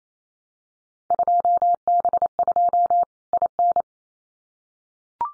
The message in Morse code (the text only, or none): 2B2 IN